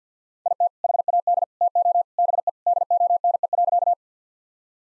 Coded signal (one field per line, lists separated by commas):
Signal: Morse code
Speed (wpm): 50 wpm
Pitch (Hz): 700 Hz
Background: none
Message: IT HAD TO BE DONE.